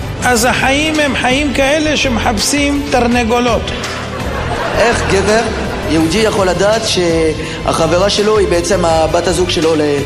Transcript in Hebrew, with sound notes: אז החיים הם חיים כאלה שמחפשים תרנגולות..." (הקהל צוחק) "איך גבר יהודי יכול לדעת שהחברה שלו היא בת הזוג שלו